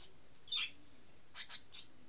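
Bird chirps: a bright, sharp chirp, then three quick high notes close together, over a low steady background hum.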